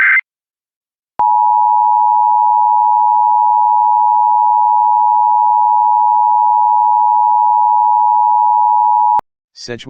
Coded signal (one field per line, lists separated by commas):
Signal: Emergency Alert System (SAME) tones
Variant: 853 and 960 Hz attention tone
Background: speech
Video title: EAS Tornado/Air-Raid Siren Test Announcement Wichita, Kansas (Administrative Message)